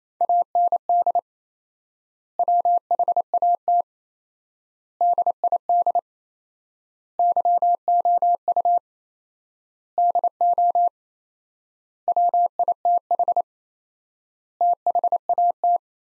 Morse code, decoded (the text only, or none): AND WHAT DID YOU DO WITH THAT